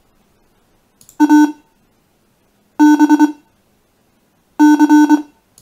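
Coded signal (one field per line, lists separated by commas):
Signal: Morse code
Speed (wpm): 24 wpm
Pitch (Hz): 300 Hz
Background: none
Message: A B C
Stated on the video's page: Morse code generated by the CrypTool 2 software component, including an Enigma-encrypted message played as Morse.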